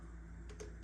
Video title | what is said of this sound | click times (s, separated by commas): How to install Lumary 6” Smart Recessed Lights | It should fit right in there, a little click. | 0.6 s